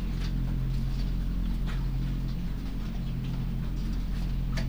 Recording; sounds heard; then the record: poultry house recording; sick chickens (respiratory disease)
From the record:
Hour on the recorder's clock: 21